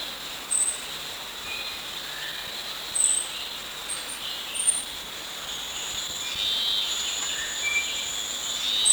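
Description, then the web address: Bornean stubtail giving sparse, extremely high, piercing short notes at irregular intervals, set against a constant buzzing and droning of insects. Recorded at Danum on 1 March 2008. "DANUM 20080301. bornean stubtail"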